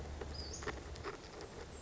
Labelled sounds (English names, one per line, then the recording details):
Western Flycatcher
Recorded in Sonoma County, California